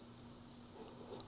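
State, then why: Seated. A wire terminal pin is pushed through the back of a multi-pin machine wiring-harness connector into its cavity. Over a low steady background, a single sharp click sounds at 1.2 seconds as the pin seats and pops out on the other side, ready to go.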